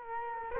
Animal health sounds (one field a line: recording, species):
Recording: mosquito wingbeat signal from an infrared sensor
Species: Culex quinquefasciatus